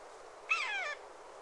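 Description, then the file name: Eurasian jay giving a single drawn-out call of about half a second, a harmonic note slurring downward, against quiet background hiss. "Garrulus glandarius"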